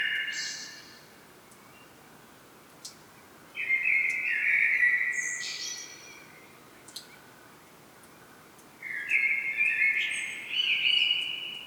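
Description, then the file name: Common blackbird song: three mellow warbled phrases around the middle register, each ending in a higher squeaky twitter, separated by pauses of a few seconds. "Turdus merula"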